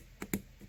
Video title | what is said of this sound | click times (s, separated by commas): 👨‍🔧 DEALING WITH THE MAIN & DRIVE SHAFT AXLE OF YAMAHA YZ250 TRANSMISSION AND GEARS CLIPS | hold or steady push it down to it clicks in place | 0.3 s